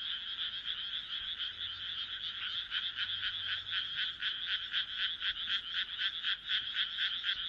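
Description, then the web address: Frogs croaking steadily, a regular train of short raspy pulses about four per second above a dense background chorus. "kaeru kaeru"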